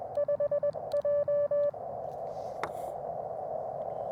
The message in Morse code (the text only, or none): 5J